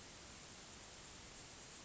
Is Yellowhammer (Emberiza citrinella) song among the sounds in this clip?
no